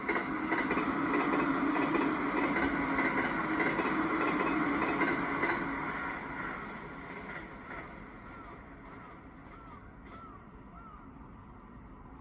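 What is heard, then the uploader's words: A train rumbles past, a dense, heavy roar with a grinding metallic edge that holds steady for about five seconds before fading. As it fades, a few short bird calls repeat quietly over the dwindling rumble. Train.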